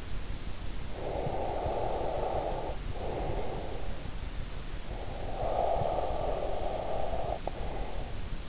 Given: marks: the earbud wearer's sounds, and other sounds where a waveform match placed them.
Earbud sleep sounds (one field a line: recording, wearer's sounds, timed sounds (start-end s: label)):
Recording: sounds in sleep by an in-ear microphone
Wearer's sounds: breath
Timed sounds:
0.63-4.27 s: breath
4.66-8.49 s: breath